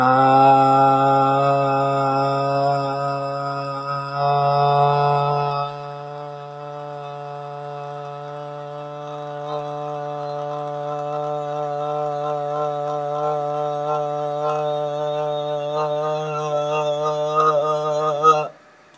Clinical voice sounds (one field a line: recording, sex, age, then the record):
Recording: vowel held as long as possible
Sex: male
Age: 20 to 29 years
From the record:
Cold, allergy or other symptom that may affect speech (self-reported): no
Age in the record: 26 years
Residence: Kentucky, United States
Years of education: 20